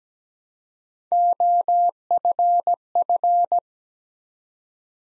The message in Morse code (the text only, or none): OFF